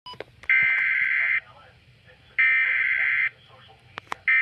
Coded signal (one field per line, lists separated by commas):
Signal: Emergency Alert System (SAME) tones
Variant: header bursts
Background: speech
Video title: Flash Flood Warning (EAS #100!!)